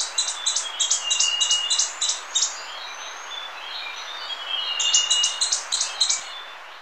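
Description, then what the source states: Flavescent flycatcher giving rapid strings of sharp, high notes in two bursts. Other thin whistled notes from birds sound between them. Ecuador.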